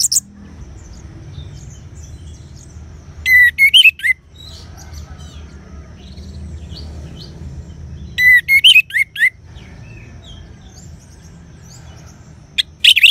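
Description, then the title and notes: Orange-headed thrush giving short bursts of high, sweet whistled notes about every five seconds, with quieter chirps between and a soft low hum underneath. "anis_merah. Kicau Burung Anis"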